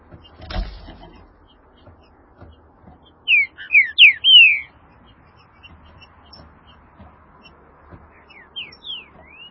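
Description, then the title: Green-winged saltator song after a brief thump: a loud, rich phrase of slurred descending whistles, followed later by softer whistled notes. "Trinca Ferro"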